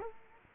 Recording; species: mosquito wingbeat signal from an infrared sensor; Culex quinquefasciatus